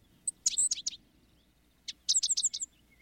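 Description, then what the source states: Five-striped Sparrow song: two quick clusters of several very high, sharp chipping notes, separated by about a second of quiet. Male bird, mostly dark gray and brown with five white stripes radiating from the face; song described as distinctive.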